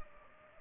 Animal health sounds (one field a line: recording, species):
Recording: mosquito wingbeat signal from an infrared sensor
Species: Culex pipiens